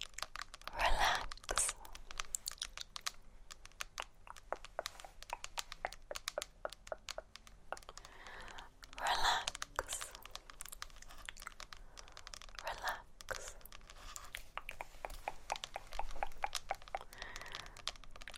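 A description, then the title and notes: Dry tongue clicks and small mouth sounds crackle in a steady, dense stream across the whole stretch, with sharp wet pops between them. Brighter, louder bursts stand out near the start, around nine seconds, and again near thirteen seconds. Tongue Clicking.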